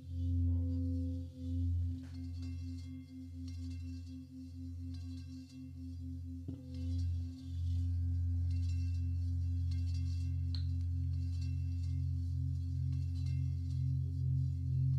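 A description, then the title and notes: A Himalayan bowl rings with a deep, steady hum and a clear higher tone above it, sustained through the whole clip. The low drone swells and dips slowly, with slight wavering, while faint clicks and small touches sound now and then, one near six seconds. A Himalayan Bowl Meditation.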